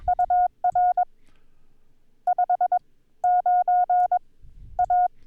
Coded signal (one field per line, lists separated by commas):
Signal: Morse code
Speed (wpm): 21 wpm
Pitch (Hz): 720 Hz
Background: none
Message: UR 59A